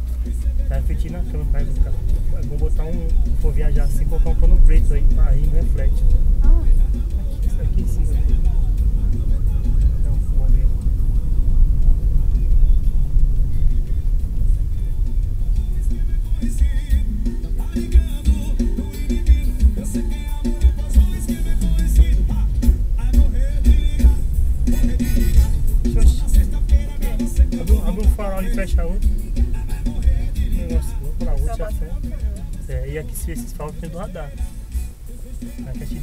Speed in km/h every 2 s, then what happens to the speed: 15, 22, 29, 30, 28, 28, 21, 18, 13, 11, 11, 17, 24, 25, 22, 17, 10, 3.
0-4 speeds up to 29. 4-11 steady at about 28. 11-18 slows to 11. 20-24 speeds up to 24. 26-36 slows to 3.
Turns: none.